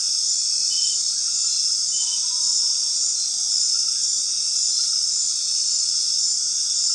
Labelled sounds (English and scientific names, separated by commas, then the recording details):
none
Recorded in dense forest near Puerto Asís, Putumayo, Colombia, on 20 February 2024 at 20:00
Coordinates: 0.499, -76.324
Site G6469